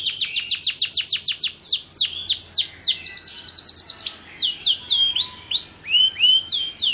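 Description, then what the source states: Canary song opening with rapid falling whistle notes, followed by quick trills and slower upslurred chirps. Kalitan-type canary singing actively (gacor) with long song phrases (suara panjang).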